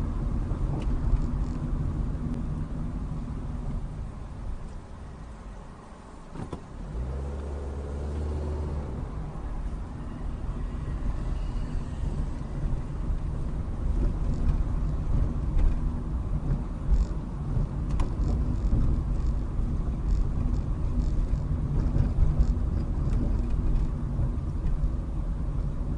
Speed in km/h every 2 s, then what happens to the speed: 23, 11, 0, 11, 16, 18, 21, 21, 21, 21, 23, 21, 21.
0-4 brakes to 0. 5-12 pulls away to 21. 12-26 steady at about 21.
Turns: none.